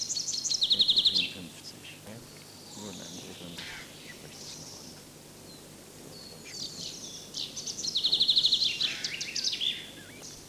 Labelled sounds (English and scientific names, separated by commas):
Common Chaffinch (Fringilla coelebs) song